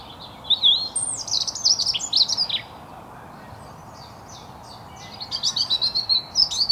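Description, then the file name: European robin song, a bright cascade of high whistles and quick trills, silence for a couple of seconds, then another thin rippling phrase. "Erithacus rubecula"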